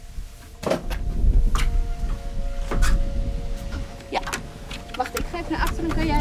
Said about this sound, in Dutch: Hier ligt een boot. Ja, ik moet er even in om hem los te maken. Oké.